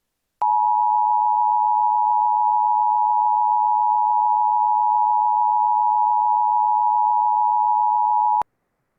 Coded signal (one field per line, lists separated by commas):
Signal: Emergency Alert System (SAME) tones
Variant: 853 and 960 Hz attention tone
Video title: EAS Scenario #18: Corrosiva: The Blue-Green Goo